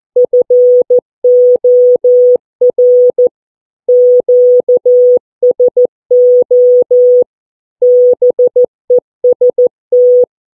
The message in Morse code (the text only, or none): FOR QSO BEST